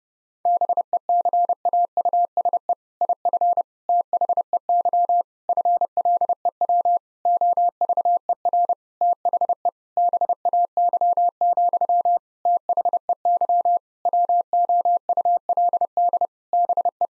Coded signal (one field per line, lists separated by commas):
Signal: Morse code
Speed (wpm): 30 wpm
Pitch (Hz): 700 Hz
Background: none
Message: BECAUSE IF THEY FLEW OVER THE BAY, THEY WOULD BE